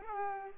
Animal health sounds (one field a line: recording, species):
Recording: mosquito wingbeat signal from an infrared sensor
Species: Culex pipiens